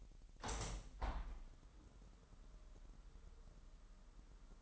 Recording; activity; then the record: daily activity, microphone in the room; open window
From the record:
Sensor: 3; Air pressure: 998.5 hPa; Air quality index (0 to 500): 137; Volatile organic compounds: 4 ppm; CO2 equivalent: 1646 ppm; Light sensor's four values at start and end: 8/20/8/9 and 9/20/8/9